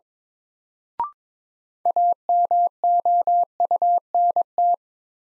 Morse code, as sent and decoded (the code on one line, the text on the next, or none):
.- -- --- ..- -. -
AMOUNT